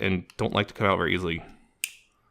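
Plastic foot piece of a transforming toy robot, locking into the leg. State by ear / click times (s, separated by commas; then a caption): seated / 1.8 s. Someone talks while forcing a stiff, tight plastic foot piece at the end of a transforming toy robot's leg over into position. A single sharp snap rings out at 1.8 s as the foot piece clicks into place and locks into the leg.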